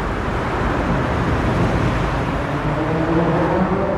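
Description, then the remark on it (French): A steady, dense rumble of road traffic as a car moves along in a continuous stream of vehicles, entering under the Bois de Vincennes, with a constant low roar and hiss at an even level throughout and no voices. “Et puis il y a la beauté même d'être pris dans un flux, d'être pris soi-même dans un flux.”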